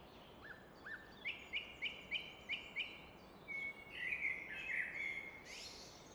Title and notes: Fläsch, Schweiz - Abendstimmung Nachtigall. Im Hintergrund wird das Rauschen des Rheins von einer Felswand reflektiert